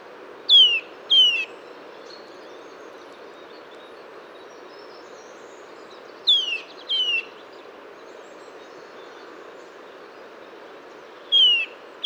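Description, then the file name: Eurasian nuthatch giving sharp descending whistled calls, mostly in pairs, with pauses of several seconds between pairs; faint background hiss throughout. "Sitta europaea"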